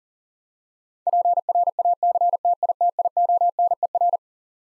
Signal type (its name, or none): Morse code